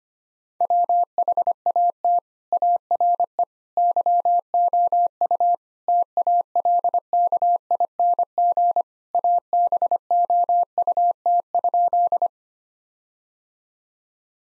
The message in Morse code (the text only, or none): WHAT ARE YOU TALKING ABOUT?